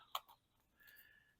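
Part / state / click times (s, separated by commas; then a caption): fulcrum plate onto swing axle end inside the transmission / seated / 0.2 s. A metal fulcrum plate ("daisy") on a VW Beetle swing-axle transmission is slid onto the swing axle end during reassembly of the transmission axle. It clicks into place with a single sharp metallic hit at 0.1 s, followed by a softer knock near 0.3 s and a faint ringing tone later. The plate is seated.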